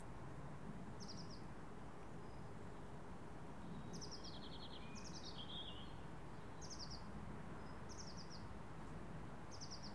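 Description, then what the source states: Garden birds chirping in quick trilled bursts at high pitch, repeated every second or two, with a constant low traffic hum underneath. Birds in a residential garden, with distant skyline traffic.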